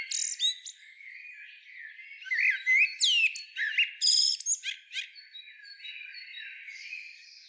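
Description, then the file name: Common blackbird gives a rapid mix of squeaky chirps, steep slurred whistles and buzzy bursts, fading into faint sustained high tones. "Turdus merula"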